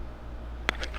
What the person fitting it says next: and you could almost hear that kind of click into place when you do it.